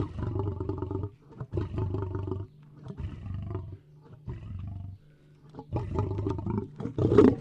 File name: lev urchit i vorchit